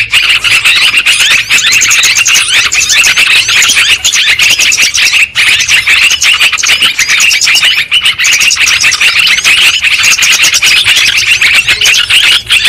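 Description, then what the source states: Lovebird flock chatter: a relentless wall of sharp, squeaky chirps overlapping for the whole stretch, with scarcely any gaps. Bird-trapping lure recording of lovebirds, in Indonesian 'pikat burung'.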